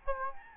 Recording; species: mosquito wingbeat signal from an infrared sensor; Aedes albopictus